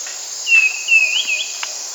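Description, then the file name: Black-capped becard singing three quick, clear slurred whistles in a row, backed by a steady shrill insect drone. Amazon region, Peru. "Black-capped Becard (Pachyramphus marginatus), Peru"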